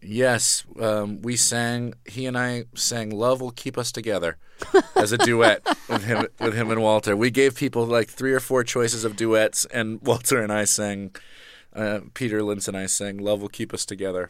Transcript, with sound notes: we sang. He and I sang "Love Will Keep Us Together" as a duet.
(SOUNDBITE OF LAUGHTER)
With him and Walter. We gave people, like, three or four choices of duets, and Walter and I sang, Peter Linz and I sang "Love Will Keep Us Together."